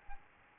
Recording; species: mosquito wingbeat signal from an infrared sensor; Aedes albopictus